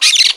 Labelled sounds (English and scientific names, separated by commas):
Brown-throated Parakeet (Eupsittula pertinax) contact call